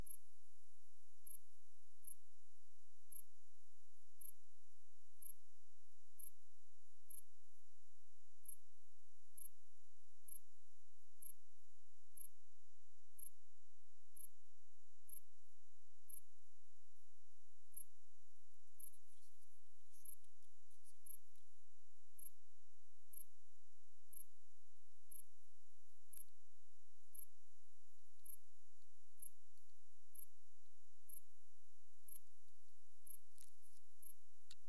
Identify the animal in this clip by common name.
Dark Bush-cricket